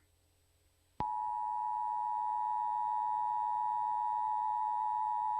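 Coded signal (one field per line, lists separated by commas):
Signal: Emergency Alert System (SAME) tones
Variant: 853 and 960 Hz attention tone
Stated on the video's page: Fictional EAS scenario, self-made.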